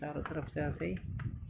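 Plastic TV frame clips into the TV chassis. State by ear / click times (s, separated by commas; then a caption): not seated / none. Someone talks while a plastic frame is pressed around the edges of a Lloyd 24-inch LED TV, being reassembled after a sound-problem repair, so its clips engage the TV chassis. Nothing has seated or clicked yet; the frame is still being handled before it locks.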